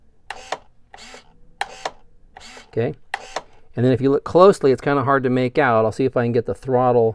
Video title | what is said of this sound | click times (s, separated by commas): Balsa USA Stingray with DLE-20, RC Plane Build N0 31: set up DLE-20 choke and throttle servos | and again you hear that snap and that snaps inside there it's not like it's not snap inside of the control rod or anything | 0.3 s, 1.6 s